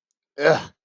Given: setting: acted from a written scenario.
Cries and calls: vocal sound without words; anger

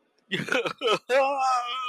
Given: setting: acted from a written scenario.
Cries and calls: vocal sound without words; distress

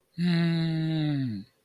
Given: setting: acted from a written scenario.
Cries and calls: vocal sound without words; sadness

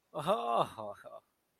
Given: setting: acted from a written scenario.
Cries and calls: vocal sound without words; adoration

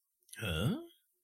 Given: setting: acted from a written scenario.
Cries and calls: vocal sound without words; confusion

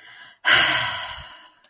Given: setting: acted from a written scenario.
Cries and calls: vocal sound without words; neutral

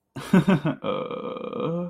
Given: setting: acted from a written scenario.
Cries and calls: vocal sound without words; embarrassment

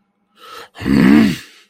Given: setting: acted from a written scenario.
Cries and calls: vocal sound without words; anger

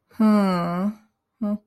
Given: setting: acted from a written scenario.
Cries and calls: vocal sound without words; neutral

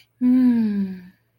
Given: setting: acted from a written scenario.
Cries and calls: vocal sound without words; romantic love

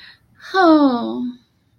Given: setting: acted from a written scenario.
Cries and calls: vocal sound without words; romantic love

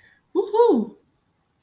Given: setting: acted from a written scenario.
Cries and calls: vocal sound without words; pride

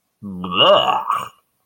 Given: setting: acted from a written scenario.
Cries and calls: vocal sound without words; disgust

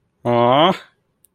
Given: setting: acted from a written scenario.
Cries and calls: vocal sound without words; adoration

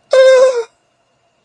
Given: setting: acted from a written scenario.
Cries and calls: vocal sound without words; elation

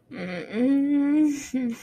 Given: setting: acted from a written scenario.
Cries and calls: vocal sound without words; embarrassment

